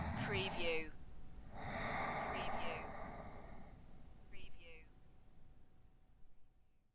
Snoring, Male Snore.